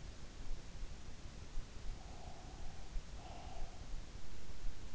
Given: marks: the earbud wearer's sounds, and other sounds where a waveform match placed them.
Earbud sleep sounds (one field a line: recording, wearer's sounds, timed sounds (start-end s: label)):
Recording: sounds in sleep by an in-ear microphone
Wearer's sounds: breath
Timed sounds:
1.77-3.98 s: breath